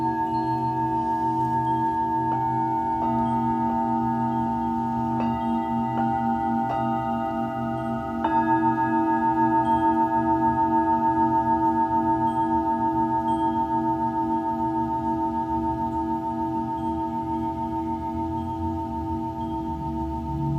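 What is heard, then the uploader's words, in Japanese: Singing bowls are struck every second or so early on, then ring on in a sustained, shimmering hum with a low pulsing drone beneath. 真夜中のシンギングボウルのサウンドヒーリング。チベタンシンギングボウルボウル。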